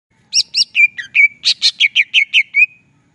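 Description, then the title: Greater green leafbird song: a quick run of about a dozen bright, whistled chirps, each sliding down, delivered steadily over roughly two and a half seconds. Described as singing vigorously (gacor). "Cucak Ijo Gacor"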